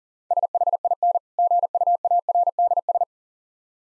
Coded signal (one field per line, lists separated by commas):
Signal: Morse code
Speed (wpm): 43 wpm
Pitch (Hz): 700 Hz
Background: none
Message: SHIN GUARDS